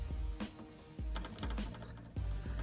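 A plastic body part of a small transforming robot toy is handled and pushed toward the toy's torso during transformation, with music playing underneath. Soft plastic taps and rustles are heard, with brief sharp handling sounds around 1.2 and 1.4 seconds. Nothing has clipped in or seated yet.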